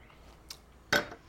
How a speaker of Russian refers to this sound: Он залпом выпивает вино и ставит бокал.